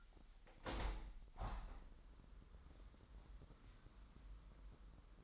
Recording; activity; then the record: daily activity, microphone in the room; open window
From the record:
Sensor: 3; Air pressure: 998.6 hPa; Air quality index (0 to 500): 144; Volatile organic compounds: 5 ppm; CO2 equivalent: 1733 ppm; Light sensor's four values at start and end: 9/23/9/10 and 10/23/10/10